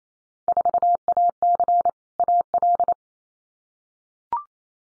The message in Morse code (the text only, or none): 4AC AL